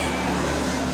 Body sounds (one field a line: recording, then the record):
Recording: coughing mixed with background sound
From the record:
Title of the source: Residual Phlegmy Morning Coughing and Gagging